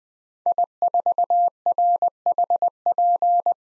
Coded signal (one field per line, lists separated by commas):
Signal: Morse code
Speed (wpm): 20 wpm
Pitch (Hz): 700 Hz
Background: none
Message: I4RHP